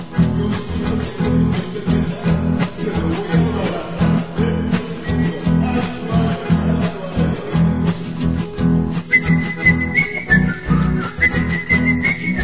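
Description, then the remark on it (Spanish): Someone whistles a short, high little tune in a hardware store, stepping up and down between a few notes, entering late and sitting over a dense, steady low background throughout. “Bueno, pero ¿qué significa ese silbido, hombre?”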